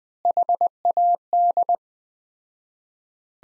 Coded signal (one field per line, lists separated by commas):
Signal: Morse code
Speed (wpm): 20 wpm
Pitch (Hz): 700 Hz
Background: none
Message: HAD